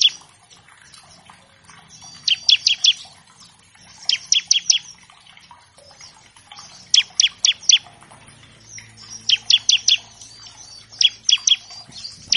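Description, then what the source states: Bar-winged Prinia song: bursts of three to four sharp, high chirps, repeated every few seconds, with a faint low hum underneath. Master track for training captive songbirds of all kinds, meant as a lure to get birds singing quickly.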